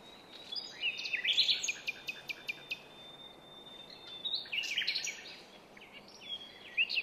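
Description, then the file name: Common nightingale song: a sustained thin whistle beneath clicking and chattering notes, then a quieter stretch and more varied phrases. "Luscinia megarhynchos"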